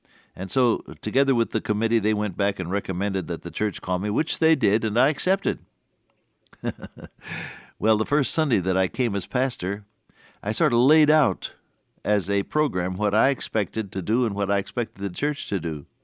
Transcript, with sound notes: And so together with the committee, they went back and recommended that the church call me, which they did and I accepted. [chuckle] Well, the first Sunday that I came as pastor, I sorta laid out as a program what I expected to do and what I expected the church to do.